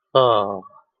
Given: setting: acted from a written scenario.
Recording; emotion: vocal sound without words; guilt